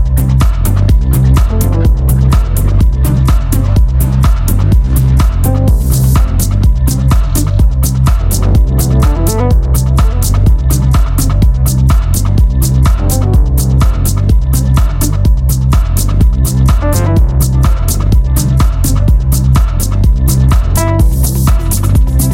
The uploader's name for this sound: Grey Whale Cove